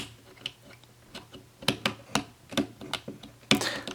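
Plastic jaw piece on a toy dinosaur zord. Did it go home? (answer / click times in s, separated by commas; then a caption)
partly / 3.5 s. A detachable plastic jaw piece is pushed sideways back onto a toy dinosaur zord, producing a series of small plastic ticks around 0.5, 1.7, 1.9, 2.2 and 2.6 seconds. The loudest, sharpest click comes at 3.5 seconds. The piece only partly goes in, and it remains unclear whether it is actually seated.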